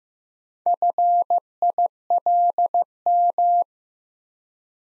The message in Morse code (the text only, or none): FILM